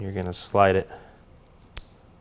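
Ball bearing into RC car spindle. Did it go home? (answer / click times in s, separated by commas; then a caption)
yes / 1.8 s. A ball bearing is slid over the CVD and pushed into the aluminum spindle of a Losi AT 2.0 RC truck while someone talks. It snaps in with one sharp, loud click at 1.8 s and seats flush.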